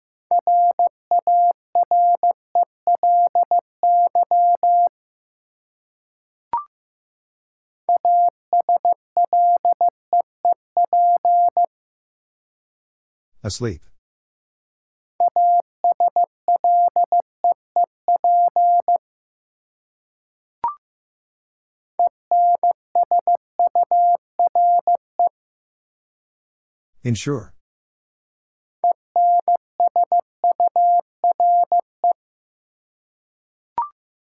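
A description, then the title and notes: Morse code in a steady mid-pitched tone, sent in five bursts of rapid dots and dashes, with two sharp swooping blips and occasional clicks between. Six Letter Words - 15wpm. First, the word is sent in Morse code.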